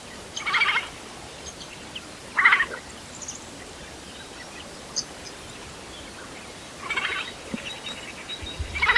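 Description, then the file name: Eurasian jay uttering four hoarse, grating screeches spaced irregularly throughout, over quiet background with scattered faint high notes. "Garrulus glandarius"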